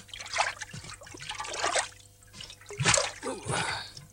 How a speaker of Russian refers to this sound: Заходит в речку. Находит лежащий в воде котел, тащит его к берегу.